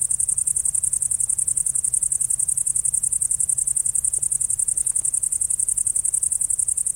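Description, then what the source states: Great green bush-cricket giving a sustained, piercing high buzz of fast regular pulses, unbroken for the whole stretch, with faint low background noise. Only males stridulate; a loudly stridulating large, green, long-winged species, best heard now when outdoor temperature is at least 10 degrees, preferably much warmer.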